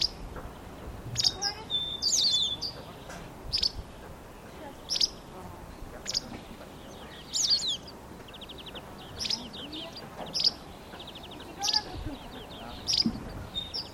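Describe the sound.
Bird calls: sharp high chirps repeated roughly every second or so, with brief trills mixed in over a steady background hiss.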